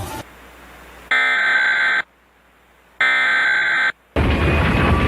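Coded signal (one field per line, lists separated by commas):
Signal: Emergency Alert System (SAME) tones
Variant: header bursts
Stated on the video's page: Mock EAS alerts, simulated.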